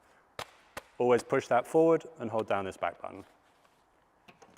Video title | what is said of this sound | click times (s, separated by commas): Chemical Anchoring Without the Dust: The Hilti SafeSet System | and then we just slide this in super easy with some nice satisfying clicks | 0.4 s, 0.8 s